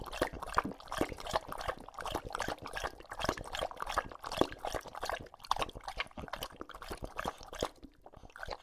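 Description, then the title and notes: English Bulldog lapping water in quick, irregular wet slurps, easing off in the final second. Male English Bulldog named Lucho, drinking water from a bowl after a long walk, breathing heavily between drinks and out of breath from the walk. "English Bulldog Drinks from Water Bowl - Weird Sounds. listen to Lucho the English Bulldog as he tries to drink water after a long walk. Don't let his heavy breathing fool you in between drinks, he's equally out of breath from the walk"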